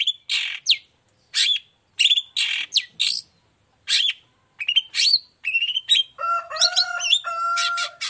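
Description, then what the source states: Long-tailed shrike song, harsh chatters alternating with clear whistled phrases, ending in a tangle of steady tonal notes. Morning singing; described as a lively, clear, highly varied song with 'toet toet' notes, offered as a model for other long-tailed shrikes to copy.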